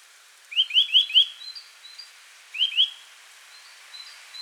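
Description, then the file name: Eurasian nuthatch calling: a quick run of four bright, rising whistled notes, a pause, then two more, with fainter high notes. "Sitta europaea"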